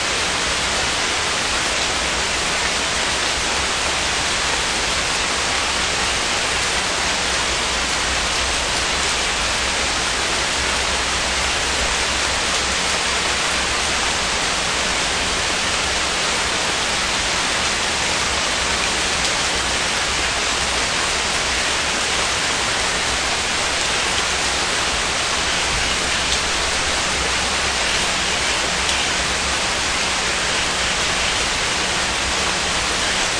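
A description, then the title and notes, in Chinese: Steady heavy rain pours down in the countryside, a dense, even hiss that holds unchanged for the whole stretch. The sound is bright, with no separate drops standing out, and a faint low hum sits steadily underneath. 乡下哗哗下雨了。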